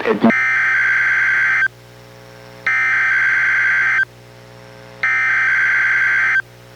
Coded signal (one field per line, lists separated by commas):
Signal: Emergency Alert System (SAME) tones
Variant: header bursts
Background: speech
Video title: EAS #928: NWR Required Weekly Test- May 1, 2024- 11:02AM PDT